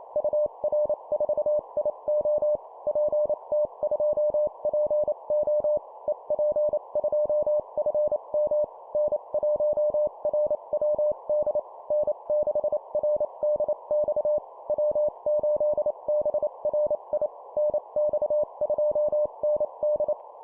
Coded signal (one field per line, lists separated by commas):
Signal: Morse code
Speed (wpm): 28 wpm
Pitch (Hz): 600 Hz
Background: none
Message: UR4IO PT2PO EP2FM N1RWD N6RDX W8BRI NX2ND